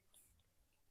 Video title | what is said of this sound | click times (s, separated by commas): Biggest Imported co2 gun collections in THE india 🇮🇳 -- co2 revolver -- Akshay air gun Haridwar 🔫 | manual lock लगा हुआ है इसमें। आप इसे आगे कर देंगे तो यह लॉक हो जाएगी। | 0.1 s